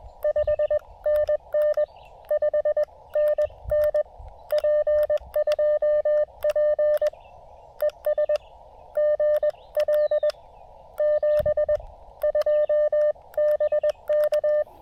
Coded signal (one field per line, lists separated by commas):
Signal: Morse code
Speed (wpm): 20 wpm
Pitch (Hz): 1800 Hz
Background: none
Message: 5NN 5NN P2P ES GL 72 BK